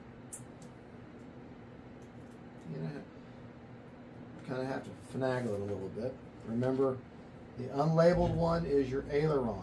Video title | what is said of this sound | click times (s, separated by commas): FMS 2300mm Fox V2 Assembly And Radio Setup | feel it click in | 0.3 s